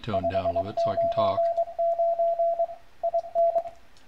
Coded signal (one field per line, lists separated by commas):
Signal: Morse code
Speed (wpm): 23 wpm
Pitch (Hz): 680 Hz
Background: speech, radio noise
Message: 599 IN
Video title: RS BA1 CW Type Ahead is Easy No extra cables needed